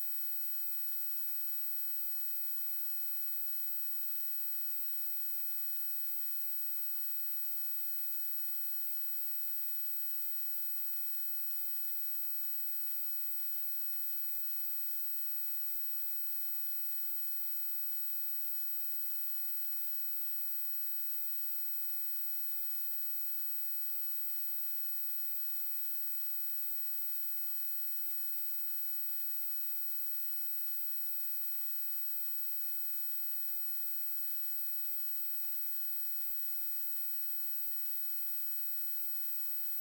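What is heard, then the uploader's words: Radio static hisses without a break for the full forty seconds, a dense, even wash of noise that leans bright and thin, with little weight in the low end. Nothing emerges from it: no tones, voices or pulses, and the level never shifts. Distant radio signals are received through layers of encoded noise.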